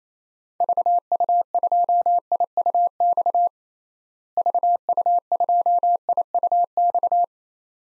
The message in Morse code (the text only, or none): VU2IUX VU2IUX